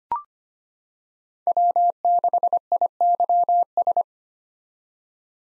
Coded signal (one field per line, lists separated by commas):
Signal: Morse code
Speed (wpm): 25 wpm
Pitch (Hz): 700 Hz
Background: none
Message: W6IYS